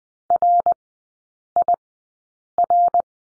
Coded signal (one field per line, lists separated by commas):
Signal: Morse code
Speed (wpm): 19 wpm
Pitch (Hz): 700 Hz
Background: none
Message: RIR